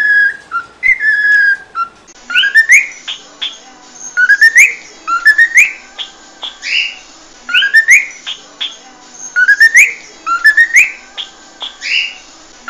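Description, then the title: Cockatiel whistled song: short upswept whistle notes and rising slurs in repeated bursts. Song intended for training cockatiels. "Canto De 1 Hora Para Treinar Calopsita"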